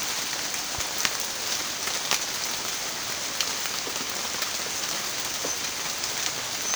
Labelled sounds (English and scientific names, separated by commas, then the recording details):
none
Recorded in pastures near Puerto Asís, Putumayo, Colombia, on 29 June 2025 at 13:30
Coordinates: 0.502, -76.324
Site G010